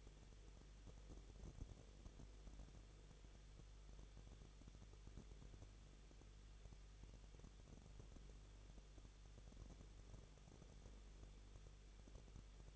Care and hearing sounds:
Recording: daily activity, microphone in the room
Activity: no activity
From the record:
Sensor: 4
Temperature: 23.0 degrees Celsius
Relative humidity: 34.3%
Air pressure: 1007.3 hPa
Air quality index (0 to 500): 217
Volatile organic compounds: 15 ppm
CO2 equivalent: 2515 ppm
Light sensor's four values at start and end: 2/3/1/1 and 2/3/1/1

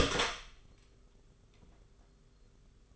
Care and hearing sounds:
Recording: daily activity, microphone in the room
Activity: open door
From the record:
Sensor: 4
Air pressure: 991.2 hPa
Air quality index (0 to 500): 134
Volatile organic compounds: 48 ppm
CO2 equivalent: 3267 ppm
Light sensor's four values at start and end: 9/22/8/9 and 14/34/13/15

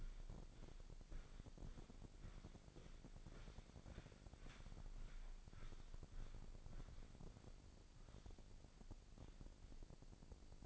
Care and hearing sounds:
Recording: daily activity, microphone in the room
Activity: walk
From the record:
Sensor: 5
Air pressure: 1009.4 hPa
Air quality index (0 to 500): 146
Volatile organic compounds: 2 ppm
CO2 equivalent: 1130 ppm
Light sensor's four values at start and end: 317/749/324/361 and 316/746/323/360

